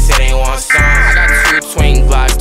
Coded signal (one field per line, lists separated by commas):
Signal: Emergency Alert System (SAME) tones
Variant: header bursts